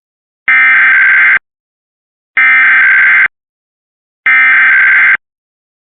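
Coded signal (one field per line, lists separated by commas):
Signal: Emergency Alert System (SAME) tones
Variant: header bursts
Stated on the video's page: Real Required Monthly Tests for Pennsylvania, Indiana and Kentucky.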